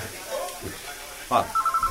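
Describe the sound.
A telephone rings in a quick run of steady, high-pitched electronic pulses, starting right after a burst of people talking and continuing on its own.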